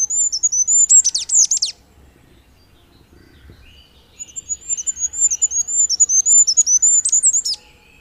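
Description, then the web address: Goldcrest giving very high, thin song phrases of rapid repeated notes, each ending in a twisting flourish, two phrases separated by a short gap; soft lower bird notes. "agykontroll Madardalok Cd 1. Sárgafejű királyka"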